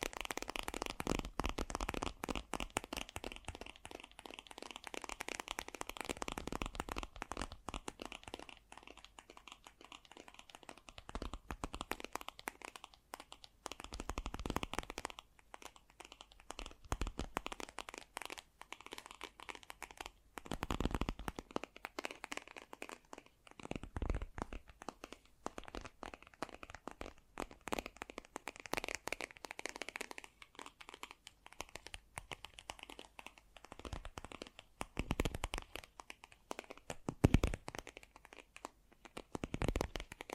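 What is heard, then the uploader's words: Quick, light tapping, dense and irregular with crisp clicks and crinkly textures, a few sharper knocks standing out throughout. ASMR Fast & Gentle Tapping for Sleep 1 Hour (No Talking).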